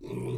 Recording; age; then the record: pig call; weaner (32 to 43 days)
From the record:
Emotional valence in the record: negative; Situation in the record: short isolation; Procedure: open field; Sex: female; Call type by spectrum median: low-frequency call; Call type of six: low-frequency stable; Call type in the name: low-frequency stable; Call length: 0.38 s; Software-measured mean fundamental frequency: 62 Hz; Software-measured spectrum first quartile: 141 Hz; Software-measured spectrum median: 282 Hz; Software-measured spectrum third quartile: 464 Hz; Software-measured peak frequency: 377 Hz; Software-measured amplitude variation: 125 dB a second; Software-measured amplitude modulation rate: 35.8 a second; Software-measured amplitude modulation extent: 3.5 dB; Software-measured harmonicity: 1.7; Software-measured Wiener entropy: -0.16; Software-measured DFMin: 1101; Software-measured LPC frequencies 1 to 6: 350, 922, 2381, 3626, 4550, 5738 Hz